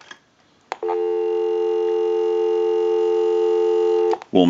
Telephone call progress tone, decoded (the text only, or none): dial tone